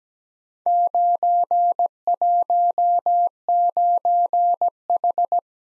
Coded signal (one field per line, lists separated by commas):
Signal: Morse code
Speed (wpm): 17 wpm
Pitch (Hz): 700 Hz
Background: none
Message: 919H